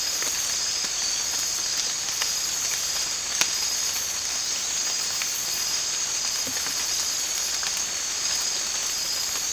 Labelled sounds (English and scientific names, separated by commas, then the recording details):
none
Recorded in dense forest near Puerto Asís, Putumayo, Colombia, on 8 March 2025 at 04:30
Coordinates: 0.484, -76.317
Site G064